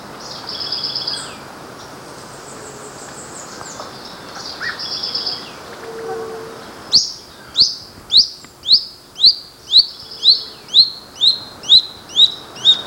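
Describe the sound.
Bird calls: scattered high chatter at first, then a fast run of loud, sharp notes, about two per second, continuing to the end over faint hiss.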